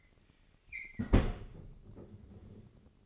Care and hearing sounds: daily activity, microphone in the room; close fridge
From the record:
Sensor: 4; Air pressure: 996.0 hPa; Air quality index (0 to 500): 66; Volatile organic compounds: 2 ppm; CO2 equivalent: 1193 ppm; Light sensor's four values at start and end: 13/35/13/15 and 12/35/13/14

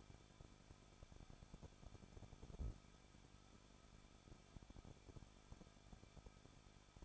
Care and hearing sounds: daily activity, microphone in the room; no activity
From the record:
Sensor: 5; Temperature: 20.9 degrees Celsius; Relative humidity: 38.2%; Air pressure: 1006.4 hPa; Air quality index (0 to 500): 187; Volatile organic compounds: 18 ppm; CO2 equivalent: 2624 ppm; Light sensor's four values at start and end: 2/3/1/1 and 2/3/1/1

